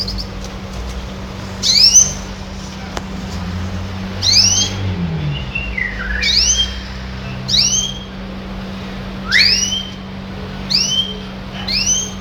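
Red siskin in spaced phrases, a bright slurred whistle every second or two, over a steady low hum.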